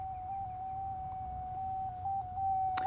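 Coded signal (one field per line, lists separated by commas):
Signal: JS8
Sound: steady single whistle-like tone with slight stepwise pitch shifts, then a click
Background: faint background hum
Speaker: so I'm going to go send heartbeat now and within about probably four seconds I'm going to start transmitting and we should hear some FSK tones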